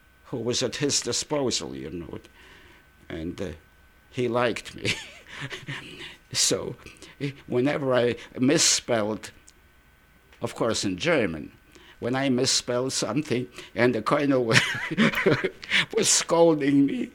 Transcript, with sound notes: who was at his disposal, you know. And he liked me. ( he laughs ) So whenever I misspelled, of course, in German, when I misspelled something and the colonel was scolding me,